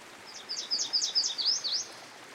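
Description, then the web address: Yellow Warbler song: a quick series of bright, high, slurred sweet notes in under two seconds. Recorded beside a stream. "Dan Gibson Songbirds By The Stream. Yellow Warbler"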